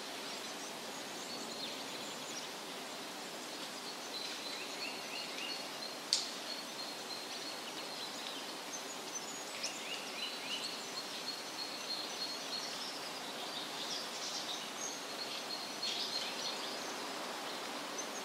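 Woodland ambience with a steady, even hiss of outdoor noise filling the whole clip. Small birds chirp and twitter high up throughout, in loose clusters around 6, 10 and 15–17 seconds, with a single sharp click just after 6 seconds.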